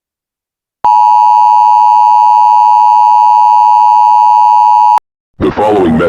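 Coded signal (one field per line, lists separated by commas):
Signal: Emergency Alert System (SAME) tones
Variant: 853 and 960 Hz attention tone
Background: speech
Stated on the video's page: Simulated EAS SAME tones from a fictional emergency alert scenario.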